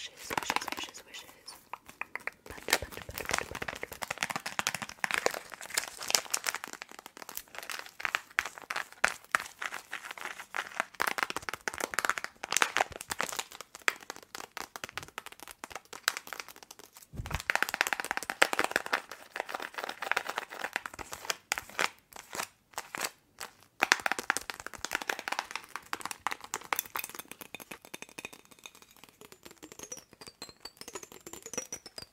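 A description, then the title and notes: Long nails tap and scratch, a dense run of sharp clicks and dry crinkly scraping with almost no pause. The sound stays bright and busy throughout, with a few louder knocks around the middle. ASMR Tapping and Scratching with LONG NAILS.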